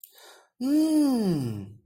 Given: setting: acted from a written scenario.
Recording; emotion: vocal sound without words; realization